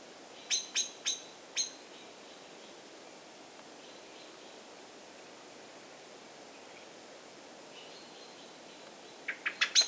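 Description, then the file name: Common blackbird calling: four hard ticks in quick sequence at the start, a long quiet gap with faint thin notes, then a rapid burst of ticks at the end. "Turdus merula"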